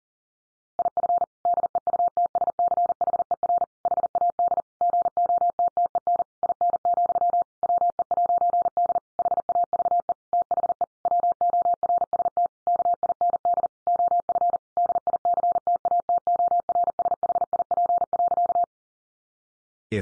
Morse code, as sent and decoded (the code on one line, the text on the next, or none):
.. ..-. / -.. . ..- - ... -.-. .... . .-. / .... .- -.. / --. --- - - . -. / .. -. --..-- / .-- . .----. -.. / .... .- ...- . / - .... . / .-- --- .-. ... - / -.- .. -. -.. / --- ..-. / -.. .. -.-. - .- - --- .-. ... .... .. .--. .-.-.-
IF DEUTSCHER HAD GOTTEN IN, WE'D HAVE THE WORST KIND OF DICTATORSHIP.